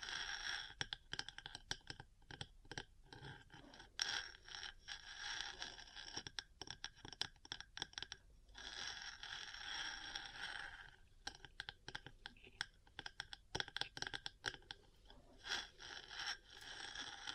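Metal parts tapping and scratching, with bursts of harsh, bright scraping broken by quick sharp taps. Dense stretches of grinding scrape come around 1–4, 6–8, 8.5–11 and 14–16 seconds, separated by choppier runs of rapid clicks and knocks.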